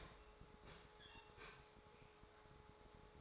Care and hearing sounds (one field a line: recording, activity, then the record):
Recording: daily activity, microphone in the room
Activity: open fridge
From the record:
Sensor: 3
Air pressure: 1004.5 hPa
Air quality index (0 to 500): 193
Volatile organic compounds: 13 ppm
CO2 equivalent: 2416 ppm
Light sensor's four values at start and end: 5/12/4/4 and 5/12/4/4